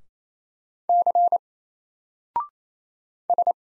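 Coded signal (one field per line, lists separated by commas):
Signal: Morse code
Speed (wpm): 27 wpm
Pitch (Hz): 700 Hz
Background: none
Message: C S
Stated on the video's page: Morse practice at 28 wpm: single random letters and numbers, each sent, spoken, then sent again, for head-copy.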